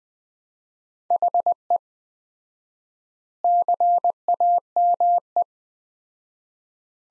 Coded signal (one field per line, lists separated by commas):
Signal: Morse code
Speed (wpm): 20 wpm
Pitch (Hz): 700 Hz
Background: none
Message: HE CAME